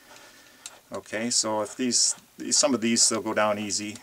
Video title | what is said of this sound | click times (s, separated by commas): Rebuild your Thermoquad Carburetor (Part O) | go counterclockwise and you'll hear a click | 0.7 s